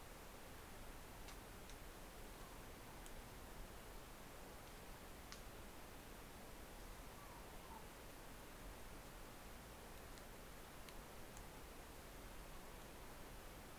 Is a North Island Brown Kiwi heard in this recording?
no